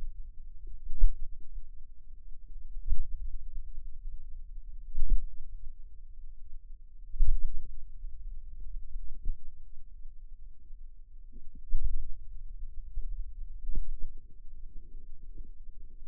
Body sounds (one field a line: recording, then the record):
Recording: forearm muscle sounds (acoustic myography)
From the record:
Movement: finger pinch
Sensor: system 2, bracelet of six BSWA MPA416 microphones around the upper forearm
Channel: 1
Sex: female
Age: 22 years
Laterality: right